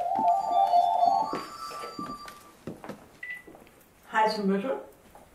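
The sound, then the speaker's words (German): A telephone line dialing into a voicemail box, with steady electronic tones and short dialing beeps, followed by scattered clicks and then a brief burst of a voice speaking over the line. “Ach, das ist die Sprachbox.”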